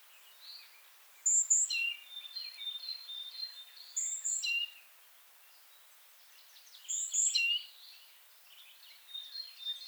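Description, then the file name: Great tit calls: high thin notes dropping to a lower whistle, given three times, with softer whistled notes in between. "Parus major"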